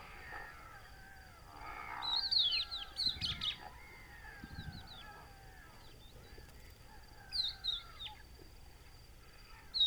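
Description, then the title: Crested lark sending out a burst of thin, plaintive whistles, then another pair later on, with faint nasal calls of other birds and a constant high hum. Adult calling to others with plaintive whistle, hidden in Camargue salt marsh, Etang du Vaccarès, 5 September 2020, about an hour after sunrise; Nagra Seven with Telinga Pro7. "COCHEVIS DU VACCARES"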